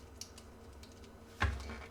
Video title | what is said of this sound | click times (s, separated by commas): 变形金刚 FT53 飞过山 逆变 | 背包锁好以后，这款飞过山就变形到位了。 | 1.4 s